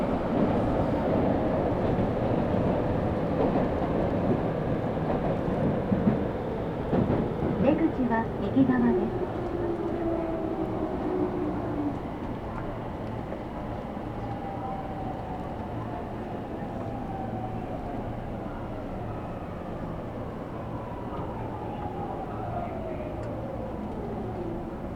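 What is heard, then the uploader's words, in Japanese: A Tokyo Metro train rumbles steadily along, with clattering bursts around seven to nine seconds, then a quieter hum and long falling whines. 東京メトロ 飯田橋→西船橋。津田沼行きの快速に乗車していますので、車両はＪＲの車両です。通勤時間帯なのでかなり混雑してきましたが。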